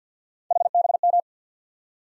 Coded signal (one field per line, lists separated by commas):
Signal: Morse code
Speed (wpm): 53 wpm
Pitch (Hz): 700 Hz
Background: none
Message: HBM